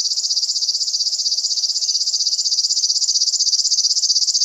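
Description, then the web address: River warbler song, a dry, insect-like sewing-machine buzz of rapid even pulses, sustained without a break. "HGW birds flodsangare"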